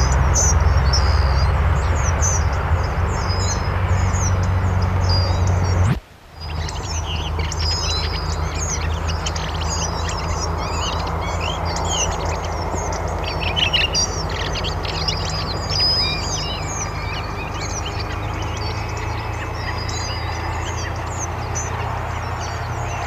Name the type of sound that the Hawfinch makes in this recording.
call